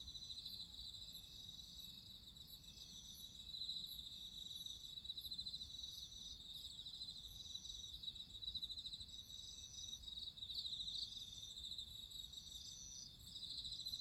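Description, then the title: Cricket chorus, an unbroken shrill trill of rapid pulses with gentle rises and falls in loudness. Crickets singing at midnight. "Listen to nature crickets singing at midnight"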